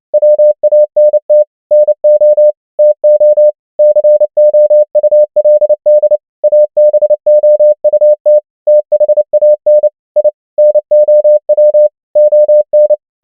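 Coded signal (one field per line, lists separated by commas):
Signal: Morse code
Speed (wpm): 29 wpm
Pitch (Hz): 600 Hz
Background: none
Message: WANT NO TO COULD ABOUT THAN I NOW ON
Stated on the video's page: Morse practice of common English words at 29 wpm.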